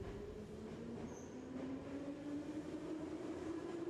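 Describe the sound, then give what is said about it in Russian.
A steady, loud rumble inside a nearly empty moving subway car with a few passengers, with a low droning hum that slowly rises in pitch as the train picks up speed, plus faint rattling and a brief high whine. “В почти пустом вагоне сидели несколько человек. Пара пассажиров стояла у дверей в ожидании следующей остановки.”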